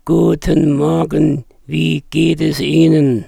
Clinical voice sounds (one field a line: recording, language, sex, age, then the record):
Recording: spoken sentence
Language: German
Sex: male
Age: 70 to 79 years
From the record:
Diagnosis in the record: recurrent laryngeal nerve paralysis, contact pachydermia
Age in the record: 74 years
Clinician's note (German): Rechts mit Kompensation; Kontaktpachydermie